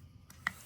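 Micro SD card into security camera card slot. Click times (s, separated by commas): 0.5 s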